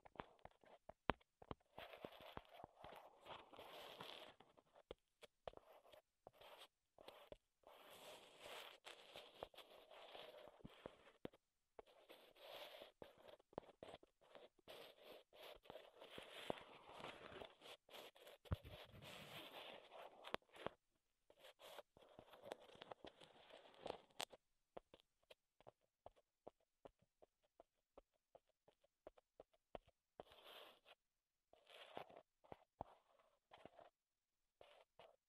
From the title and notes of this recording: ASMR Wood Triggers in Your Ears (No Talking).